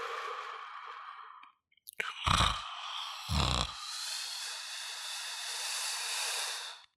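A breathy, hissing breath is followed by two short, low, rattling snorts about a second apart, then a long airy exhale. This is snoring from an adult sleeper: vibration of the soft tissues of the throat during sleep.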